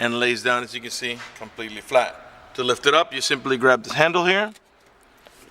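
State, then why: Seated. A man talks while lifting the folded third-row seat back of a 2010 Buick Enclave CXL SUV by its handle and pulling it upright. After his voice stops, a short, quiet hit at 5.3 seconds marks the seat back latching into its upright lock.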